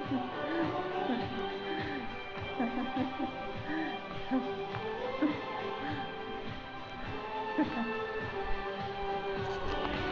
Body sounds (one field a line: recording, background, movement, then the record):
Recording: laughter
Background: music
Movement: walking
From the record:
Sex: female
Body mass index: 25.5 kg/m2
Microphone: on the chest, facing outward